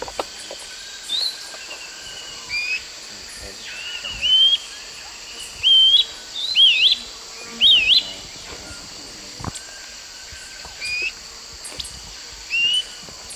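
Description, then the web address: Grey-crowned flycatcher singing thin, rising and twisting notes at irregular intervals over a constant high drone. Song; eastern lowlands of South America. "Natures Songs S America Eastern Lowlands Tolmomyias poliocephalus, song"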